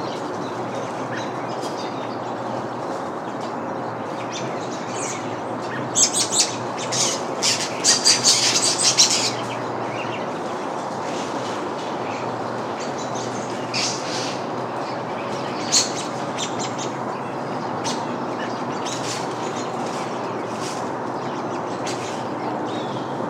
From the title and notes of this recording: A Symphony of Backyard Birds and Blowing Leaves. Unseasonal backyard birds pair their song with a seasonal leaf blower in an autumnal suburban backyard in Michigan.